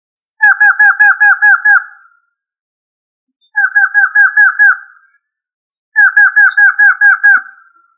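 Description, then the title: Rail giving three bursts of rapid, evenly spaced notes, about seven per burst, each series lasting over a second with pauses between. "Familia Rallidae"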